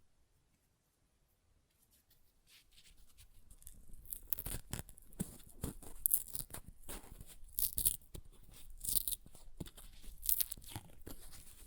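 Paper is ripped and torn, starting quietly near silence for the first two seconds, then building into a dense run of sharp, crackling tears from about four seconds on. The rips come in quick irregular bursts, bright and scratchy, with brief louder peaks around six, eight and nine seconds.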